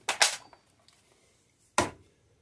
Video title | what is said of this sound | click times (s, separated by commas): How To Use An Impact Driver | and what you want to do is take your tool slide it here till it clicks on | 0.1 s